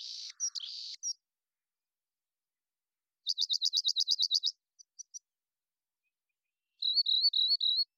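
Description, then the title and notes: Rock Wren singing a harsh buzzy phrase, then a rapid trill of about a dozen notes, a few chips, and a series of whistled, wavering notes. Long song sequence recorded in the Pacific Northwest, Washington, United States; isolated from a double mid-side recording, with natural pace and rhythm kept. "Rock Wren, Salpinctes obsoletus, long song sequence, isolated from Double mid-side original, natural pace and rhythm maintained Recorded in the beautiful Pacific Northwest, Washington, United States"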